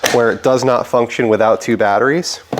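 Someone talks while handling two 18V tool batteries at the front battery bay of a Milwaukee 0920-20 Dual M18 9-gallon wet/dry vacuum, which does not function without two batteries. A brief sharp handling sound comes near 2.6 s, but the clip ends before the batteries go home, and nothing has seated or clicked yet.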